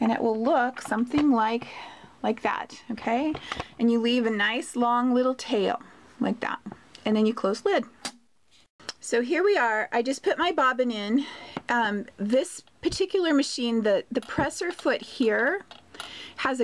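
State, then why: Seated. Someone talks while dropping a bobbin into the drop-in bobbin compartment of a sewing machine, leaving a long thread tail out, then closes the plastic bobbin cover plate over it. Two short, sharp snaps are heard at 8.1 s and 8.9 s as the cover shuts and seats in place. Talking resumes afterward.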